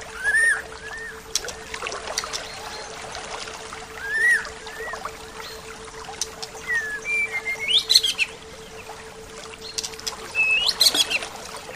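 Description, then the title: Bird singing: scattered arched whistles and brief chirps spaced several seconds apart, with a few sharp high notes, over a steady faint hum. "SuaraBurung Kicau"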